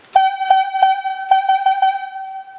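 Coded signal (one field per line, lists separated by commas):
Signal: whistle signal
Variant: talkie tooter logging whistle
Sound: a steady horn tone pulsed three times, a pause, then four quick pulses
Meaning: Calls for the hooker and his crew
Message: 3-4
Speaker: I want the hooker and that crew it's gonna sound like this three and four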